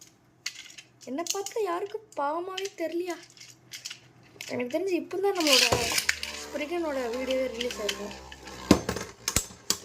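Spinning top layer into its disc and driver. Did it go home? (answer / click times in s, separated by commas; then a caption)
no / none. Someone talks while trying to fit the plastic and metal layer parts of a spinning-top toy, a Cho-Z Achilles, into its disc and driver during an unboxing. The parts clatter, with sharp clicks and clinks especially near the end, but nothing has seated or locked yet; the layer fails to catch.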